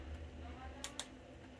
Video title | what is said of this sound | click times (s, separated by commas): Replacing your lightbulb with the Ensenior Thin LED Recessed Ceiling Light with Junction Box | and you he you're you're going to hear a click okay that's how you know it connected successfully | 0.8 s, 1.0 s